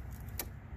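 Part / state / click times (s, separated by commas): evap purge hose quick connector onto hose fitting / seated / 0.4 s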